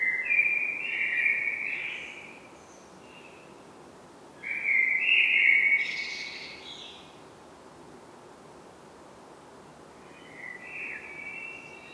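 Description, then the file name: Common blackbird singing three separate fluty, warbling phrases spaced by pauses of a few seconds, one ending in squeaky high twitters. "Turdus merula"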